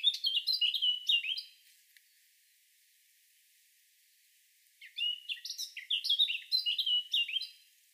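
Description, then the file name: Eurasian blackcap: the end of a busy warbled phrase, about three seconds of quiet, then a fresh run of quick chirps and bright fluty notes. "Sylvia atricapilla"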